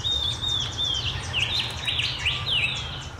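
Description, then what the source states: Shining bronze cuckoo calling with thin downslurred whistles repeated several times over a faint steady hum, with other soft chirps in the background. Described as sounding like 'pew, pew, pew, pew'.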